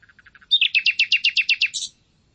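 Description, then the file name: Common nightingale song phrase: a few soft low notes, then a loud, fast series of about ten repeated chirps ending in a high buzz. "Luscinia megarhynchos"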